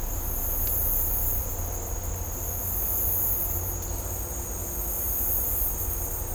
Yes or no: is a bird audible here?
no